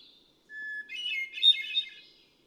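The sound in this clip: Hermit thrush song: a low steady whistle then a bright cascade of fluty trills.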